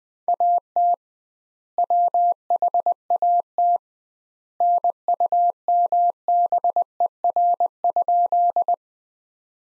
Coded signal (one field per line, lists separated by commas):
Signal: Morse code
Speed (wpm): 20 wpm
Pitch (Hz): 700 Hz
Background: none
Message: AT WHAT NUMBER?